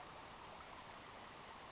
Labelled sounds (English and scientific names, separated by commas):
Western Flycatcher (Empidonax difficilis)